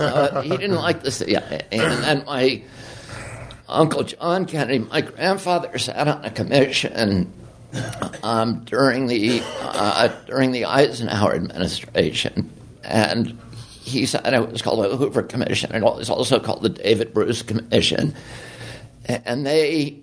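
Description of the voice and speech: A man speaks in a tight, strained, creaky voice that breaks and trembles, with choppy phrasing and frequent pauses of up to a second. This is the strained, tremulous voice of spasmodic dystonia, a neurological voice disorder that began in adulthood after a previously strong voice; the trembling is worst when he first starts talking.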